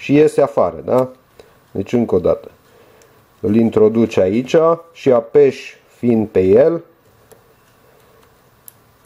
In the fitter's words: până face click, da? Și rămâne blocat sub